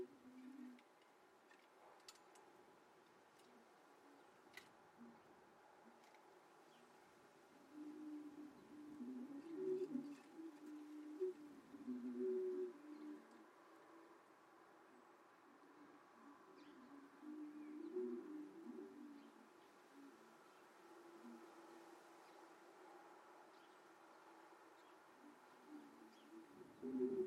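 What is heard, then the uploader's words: Wind organs sound a cluster of low, hollow, cooing tones that hold steadily throughout, swelling louder in gusts around ten seconds, again near twenty, and at the very end. Fainter higher overtones hum above them, and a few light ticks come early on. Leeton hums. Longtime listeners might recognise the hum of Leeton's rice facility from previous projects and this recording includes my army of wind organs, which were installed in the front yard for an Art Trail last weekend.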